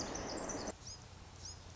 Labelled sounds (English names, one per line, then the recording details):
Pacific Wren
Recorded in Sonoma County, California